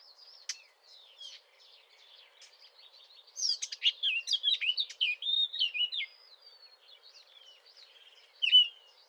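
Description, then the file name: Eurasian blackcap singing: quiet scratchy notes, then a louder rich warble around the middle, and a short loud phrase near the end. "Sylvia atricapilla"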